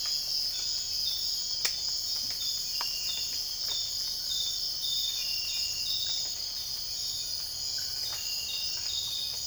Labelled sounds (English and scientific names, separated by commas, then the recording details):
none
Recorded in dense forest near Puerto Asís, Putumayo, Colombia, on 13 March 2025 at 05:00
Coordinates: 0.481, -76.323
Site G088